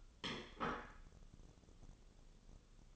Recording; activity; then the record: daily activity, microphone in the room; place plate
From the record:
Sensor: 4